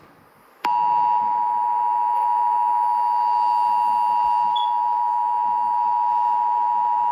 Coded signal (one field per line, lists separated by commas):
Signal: Emergency Alert System (SAME) tones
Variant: 853 and 960 Hz attention tone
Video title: EAS Scenario #29 - The Storm